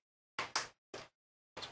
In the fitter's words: one side clicked in